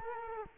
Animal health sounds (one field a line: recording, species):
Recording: mosquito wingbeat signal from an infrared sensor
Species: Culex quinquefasciatus